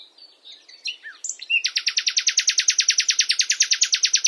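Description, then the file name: Common nightingale song: a few scattered notes, then a rapid, machine-like series of many loud repeated notes that keeps a steady pace. "Luscinia megarhynchos"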